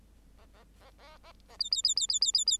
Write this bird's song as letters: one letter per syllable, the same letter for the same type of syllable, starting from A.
A A A A A A B B B B B B B B